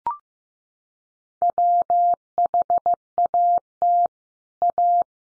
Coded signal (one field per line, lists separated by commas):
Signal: Morse code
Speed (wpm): 15 wpm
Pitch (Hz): 700 Hz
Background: none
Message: WHAT A